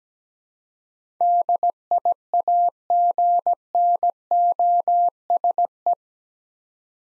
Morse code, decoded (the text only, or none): DIAGNOSE